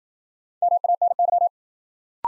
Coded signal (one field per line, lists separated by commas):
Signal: Morse code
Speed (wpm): 53 wpm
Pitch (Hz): 700 Hz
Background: none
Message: MANY